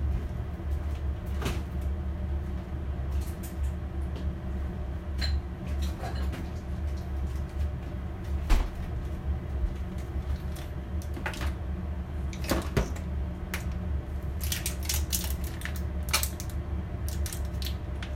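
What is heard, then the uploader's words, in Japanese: Kitchen sounds: a steady low hum runs throughout, broken by scattered clicks and clatters, with a busier cluster of knocks near the end. キッチンの音。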